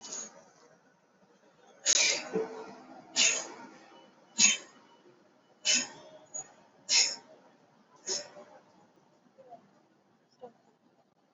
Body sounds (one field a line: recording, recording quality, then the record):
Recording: shallow breathing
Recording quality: excellent, no background noise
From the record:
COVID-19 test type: RT-PCR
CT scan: not taken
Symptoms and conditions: cold, fever, fatigue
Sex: male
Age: 21 years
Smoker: no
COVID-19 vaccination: both doses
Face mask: worn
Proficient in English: yes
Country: India